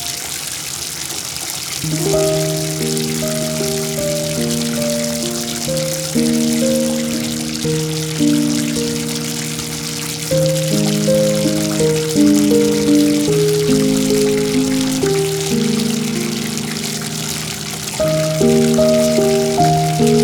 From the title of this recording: Filling Up the Tub